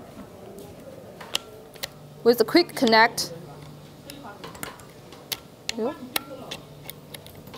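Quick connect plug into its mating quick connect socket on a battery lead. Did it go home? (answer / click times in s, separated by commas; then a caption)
no / none. Someone talks while handling a quick connect plug at its mating quick connect socket on a battery lead, with short sharp ticks and knocks throughout. Nothing has seated or clicked into place yet.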